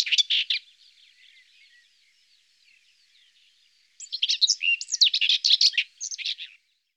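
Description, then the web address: Common whitethroat with a brief scratchy burst, then soft faint twittering, followed by a longer, jumbled, rapid scratchy warble lasting over two seconds. "IVN Zangvogels. Grasmus"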